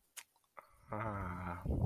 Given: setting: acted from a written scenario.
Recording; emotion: vocal sound without words; guilt